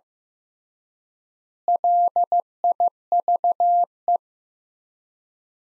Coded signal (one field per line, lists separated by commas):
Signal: Morse code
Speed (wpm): 15 wpm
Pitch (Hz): 700 Hz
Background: none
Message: LIVE